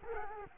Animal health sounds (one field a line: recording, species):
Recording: mosquito wingbeat signal from an infrared sensor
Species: Culex quinquefasciatus